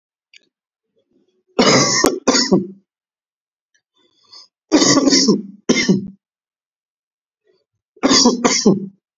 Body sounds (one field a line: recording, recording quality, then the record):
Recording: heavy voluntary cough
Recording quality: excellent, no background noise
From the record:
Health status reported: COVID-19 positive, mild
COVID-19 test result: positive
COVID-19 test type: RT-PCR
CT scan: not taken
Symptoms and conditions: cough, cold, fever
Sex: male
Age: 25 years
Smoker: yes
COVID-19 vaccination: both doses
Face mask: not worn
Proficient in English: yes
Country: India